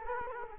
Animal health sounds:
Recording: mosquito wingbeat signal from an infrared sensor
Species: Culex quinquefasciatus

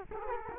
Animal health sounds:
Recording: mosquito wingbeat signal from an infrared sensor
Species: Culex quinquefasciatus

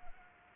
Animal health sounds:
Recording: mosquito wingbeat signal from an infrared sensor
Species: Anopheles gambiae

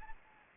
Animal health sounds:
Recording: mosquito wingbeat signal from an infrared sensor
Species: Anopheles arabiensis

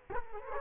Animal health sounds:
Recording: mosquito wingbeat signal from an infrared sensor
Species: Culex quinquefasciatus

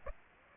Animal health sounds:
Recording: mosquito wingbeat signal from an infrared sensor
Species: Aedes aegypti

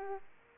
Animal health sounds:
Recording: mosquito wingbeat signal from an infrared sensor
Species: Aedes aegypti

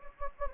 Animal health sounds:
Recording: mosquito wingbeat signal from an infrared sensor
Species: Anopheles gambiae

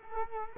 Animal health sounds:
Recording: mosquito wingbeat signal from an infrared sensor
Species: Culex quinquefasciatus

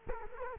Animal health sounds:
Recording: mosquito wingbeat signal from an infrared sensor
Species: Culex quinquefasciatus

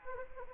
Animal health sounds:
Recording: mosquito wingbeat signal from an infrared sensor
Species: Anopheles arabiensis

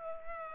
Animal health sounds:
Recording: mosquito wingbeat signal from an infrared sensor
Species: Culex pipiens

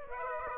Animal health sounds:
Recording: mosquito wingbeat signal from an infrared sensor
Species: Aedes aegypti

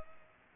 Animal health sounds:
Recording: mosquito wingbeat signal from an infrared sensor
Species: Culex pipiens

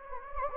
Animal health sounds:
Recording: mosquito wingbeat signal from an infrared sensor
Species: Anopheles gambiae

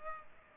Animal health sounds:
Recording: mosquito wingbeat signal from an infrared sensor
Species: Culex pipiens

